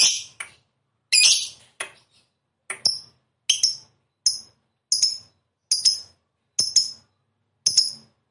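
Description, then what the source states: Lovebird giving sharp, shrill high chirps, spaced singly roughly every half to one second, with short pauses between them. Lovebird of the fighter type, singing gacor (energetically).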